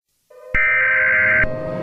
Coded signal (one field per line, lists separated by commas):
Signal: Emergency Alert System (SAME) tones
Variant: header bursts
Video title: EAS Scenario 11: Monsters Inc.